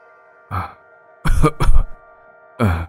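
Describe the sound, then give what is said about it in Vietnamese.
A man outside coughs four times in short, rough bursts, the middle two coming quickly back to back, over a faint steady hum with no talking. “Thì đột nhiên có tiếng người đàn ông bên ngoài ho khụ khụ mà nói vọng vào trong.”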